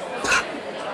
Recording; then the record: coughing mixed with background sound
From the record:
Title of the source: 64 coughing, allergies, singing lungs